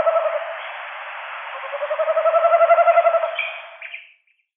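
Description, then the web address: Tawny owl delivering a long wavering, bubbling hoot that pulses rapidly and swells before ending with a brief higher note and silence. Pair display. "Schulze Peter Tawny Owl pair display"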